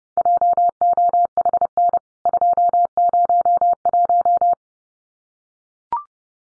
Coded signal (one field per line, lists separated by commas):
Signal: Morse code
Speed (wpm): 30 wpm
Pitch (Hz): 700 Hz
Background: none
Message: JOHN 201